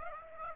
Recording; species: mosquito wingbeat signal from an infrared sensor; Aedes aegypti